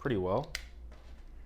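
Someone talks while handling the lid of a wireless AirPods charging case, likely with a metal shell, against the case body; a short sharp tap is heard amid quiet background hiss. Nothing has seated or clicked yet: the lid is handled but not yet home when the clip ends.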